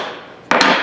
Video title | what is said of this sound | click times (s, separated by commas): Restoring an INDESTRO 3239 ratchet! | now I can drive this all the way home till it clicks | 0.5 s, 0.6 s